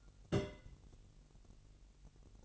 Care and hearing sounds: daily activity, microphone in the room; place on stove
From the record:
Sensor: 4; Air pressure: 1002.8 hPa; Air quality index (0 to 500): 243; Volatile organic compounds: 11 ppm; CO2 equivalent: 2280 ppm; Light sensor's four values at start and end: 7/17/7/7 and 7/17/7/7

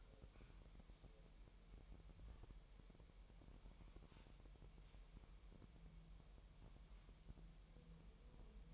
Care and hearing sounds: daily activity, microphone in the room; wipe stove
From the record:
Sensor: 1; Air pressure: 1000.9 hPa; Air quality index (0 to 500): 248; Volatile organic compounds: 149 ppm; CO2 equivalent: 4016 ppm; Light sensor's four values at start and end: 12/29/12/13 and 12/28/12/13

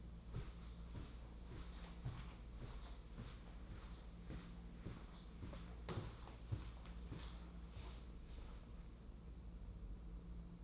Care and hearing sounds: daily activity, microphone in the room; walk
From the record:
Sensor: 1

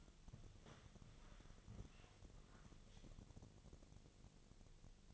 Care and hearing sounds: daily activity, microphone in the room; walk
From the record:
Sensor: 4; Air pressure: 1001.3 hPa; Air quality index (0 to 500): 174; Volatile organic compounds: 2 ppm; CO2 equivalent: 1254 ppm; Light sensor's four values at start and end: 14/33/13/13 and 14/33/13/14

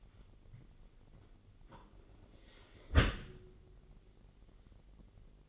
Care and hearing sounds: daily activity, microphone in the room; close dishwasher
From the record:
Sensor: 4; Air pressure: 999.0 hPa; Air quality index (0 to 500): 126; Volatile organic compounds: 2 ppm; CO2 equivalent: 1243 ppm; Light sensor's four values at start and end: 7/16/6/7 and 7/17/7/7

